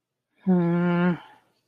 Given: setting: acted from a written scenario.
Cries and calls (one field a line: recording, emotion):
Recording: vocal sound without words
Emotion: shame